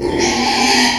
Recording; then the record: squeal of a Yucatan mini pig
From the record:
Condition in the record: after surgery on the right vocal fold (resection and tissue-engineered implant); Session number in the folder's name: 2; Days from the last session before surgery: 13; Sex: male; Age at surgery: 12 weeks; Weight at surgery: 13 kg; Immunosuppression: cyclosporine, prednisolone